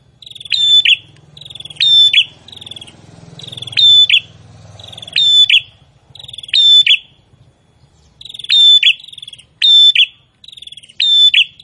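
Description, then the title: Prinia singing several rattling trilled phrases with sharp endings, over a soft low rumble of background noise. Prinia song described as gacor (vigorous, nonstop singing). "Prenjak gacor"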